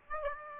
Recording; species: mosquito wingbeat signal from an infrared sensor; Aedes aegypti